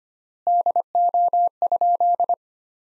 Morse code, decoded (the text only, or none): DO?